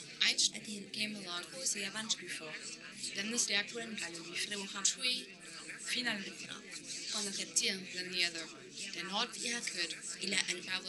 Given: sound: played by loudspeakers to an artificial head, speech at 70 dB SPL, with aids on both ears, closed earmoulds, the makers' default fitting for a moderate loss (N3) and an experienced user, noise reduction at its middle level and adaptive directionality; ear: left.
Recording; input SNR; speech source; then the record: speech test signal (ISTS) in cocktail-party noise; +3 dB; in front (0 degrees)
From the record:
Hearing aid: class 1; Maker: H